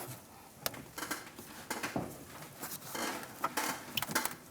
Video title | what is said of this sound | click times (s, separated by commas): How to Replace EVAP Core 2007-2013 Chevrolet Silverado | and it should lock in place you can grab it and try to pull it off | 0.7 s